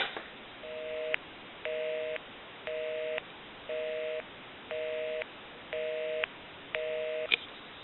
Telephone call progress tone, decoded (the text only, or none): busy tone